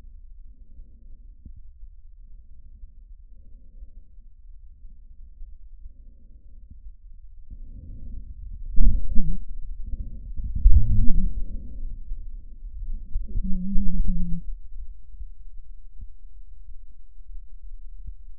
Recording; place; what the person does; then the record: lung sounds by stethoscope; trachea; quiet breathing, then cough and speech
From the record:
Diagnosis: interstitial lung disease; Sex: female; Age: 65 years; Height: 156 cm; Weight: 66.8 kg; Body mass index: 27.4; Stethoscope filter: bell mode